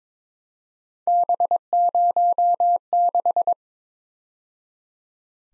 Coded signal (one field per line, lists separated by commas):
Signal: Morse code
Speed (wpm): 26 wpm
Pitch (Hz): 700 Hz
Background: none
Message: B06